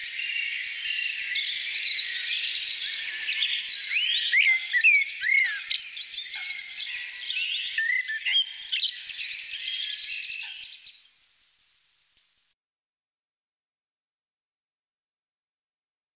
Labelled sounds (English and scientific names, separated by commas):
Common Blackbird (Turdus merula) song